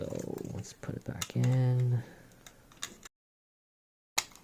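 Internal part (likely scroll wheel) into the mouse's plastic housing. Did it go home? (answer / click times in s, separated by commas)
yes / 4.2 s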